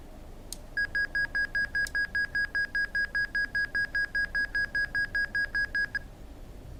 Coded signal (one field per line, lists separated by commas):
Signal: none